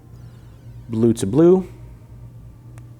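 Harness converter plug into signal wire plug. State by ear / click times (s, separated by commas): seated / 2.8 s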